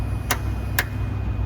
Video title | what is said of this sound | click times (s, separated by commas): EVOffer (Tesla Offer) - Model Y Electric Frunk (Mark 4.0) Installation Tutorial | so you will hear two click sounds and the left is fully latched as you can see from here | 0.3 s, 0.8 s